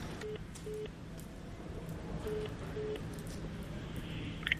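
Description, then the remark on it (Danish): A Radio24syv reporter dials a phone number, calling about a birthday surprise for Martin Rossen, with a handful of short electronic beeps in two quick pairs over a steady low hum and a rough, noisy background. No one speaks. “Hej, jeg ringer, fordi jeg står med en fødselsdagsgave, eller en fødselsdagsoverraskelse til Martin Rossen.”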